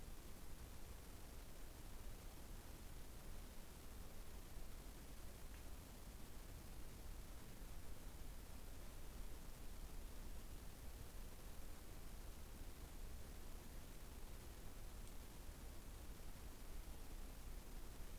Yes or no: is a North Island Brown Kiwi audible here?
no